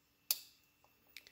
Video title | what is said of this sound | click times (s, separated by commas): Raptor 660 Water Pump Rebuild Guide | just like that clicked into place i'm going to go ahead and make sure that it's actually in the groove all the way around | 0.3 s